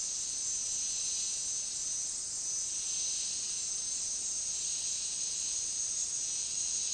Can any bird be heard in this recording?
no